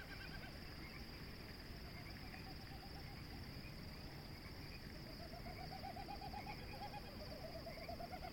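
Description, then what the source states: Wilson's Snipe winnowing: wavering pulsed runs repeated a few times over a continuous high-pitched chorus drone. Sound made by the tail, not the voice; evening at Conboy Lake National Wildlife Refuge, May 13, 2016; first mistaken for frogs.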